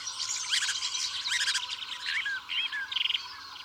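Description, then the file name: Woodchat shrike giving a quick, jumbled song of harsh chatters, squeaks and short slurred whistles, closing with a brief rattling trill. "woodchat shrike omkicau"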